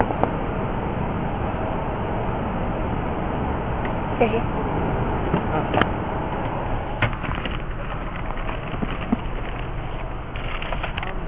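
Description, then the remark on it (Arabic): A car's engine rumbles steadily throughout, a dense, even roar with a few brief clicks and taps on top and a faint murmur of voices underneath. “نقول في سيارة شيخ، نقول في سيارة.”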